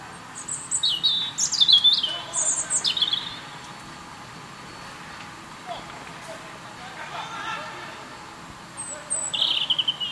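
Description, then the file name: European robin song: high, thin whistled phrases with fast twittering notes, a long quiet stretch, then a final warbled phrase. "Erithacus rubecula"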